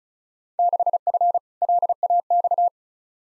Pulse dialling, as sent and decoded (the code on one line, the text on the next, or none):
none